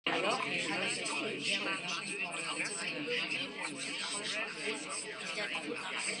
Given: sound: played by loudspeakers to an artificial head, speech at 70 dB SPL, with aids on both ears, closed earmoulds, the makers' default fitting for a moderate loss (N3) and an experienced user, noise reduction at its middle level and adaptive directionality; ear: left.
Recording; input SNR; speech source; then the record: speech test signal (ISTS) in cocktail-party noise; -6 dB; on the right (90 degrees)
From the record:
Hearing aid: class 2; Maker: I